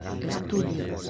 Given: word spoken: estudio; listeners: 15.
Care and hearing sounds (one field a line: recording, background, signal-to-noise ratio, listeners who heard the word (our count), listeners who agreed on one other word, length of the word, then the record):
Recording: one Spanish word in noise, from a listening test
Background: eight-talker babble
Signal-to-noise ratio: 0.0 dB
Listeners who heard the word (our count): 5 of 15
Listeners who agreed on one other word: 9 of 15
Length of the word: 0.70 s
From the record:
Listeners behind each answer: 9, 5, 1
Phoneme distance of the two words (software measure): 7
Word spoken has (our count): 3 syllables, 7 phonemes, stress on syllable 2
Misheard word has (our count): 3 syllables, 8 phonemes, stress on syllable 2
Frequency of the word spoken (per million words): 187.73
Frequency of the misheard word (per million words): 150.83